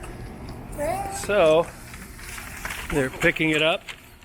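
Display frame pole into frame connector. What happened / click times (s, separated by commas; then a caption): The pole is being handled and has not seated yet / none. While a portable display room frame is being assembled, a pole section is picked up and handled before being pushed into its frame connector. Someone talks over faint background noise throughout. Nothing has seated or clicked yet.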